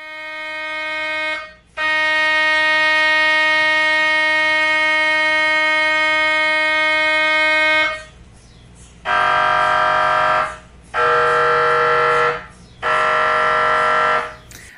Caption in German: Das ist auch ein Teil eines MRTs. Da muss irgendwie ein Aktuator, Roboterarm oder irgendwie sowas drin sein.